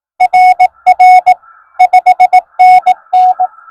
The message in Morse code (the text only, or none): RR 5NN